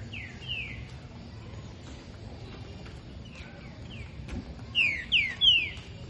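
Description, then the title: Green-winged Saltator giving soft whistled notes early, then a loud closing phrase of three sharply falling whistles; low background noise and occasional clicks throughout. Male singing while waiting for an opponent. "Trinca ferro Rex"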